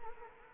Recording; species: mosquito wingbeat signal from an infrared sensor; Anopheles arabiensis